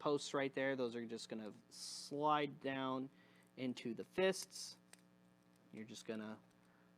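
Someone talks while handling a plastic transforming toy figure, positioning its arm so two posts will slide down into the fists. A faint sharp tick comes at about 4.9 seconds, but nothing has seated or clicked into place yet.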